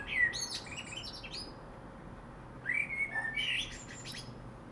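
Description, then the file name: Common blackbird: two soft fluty phrases with chattering high endings, separated by a quiet gap, over low background noise. "Turdus merula"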